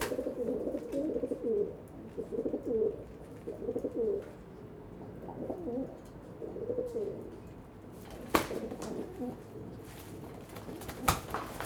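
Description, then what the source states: Pigeons cooing: several low, throaty rolling coo phrases, then a few sharp knocks or slaps near the end. Several pigeons cooing on a balcony in Saint-Gilles, Belgium, fighting with wing beats; recorded with Sony PCM-D100 internal microphones in wide position.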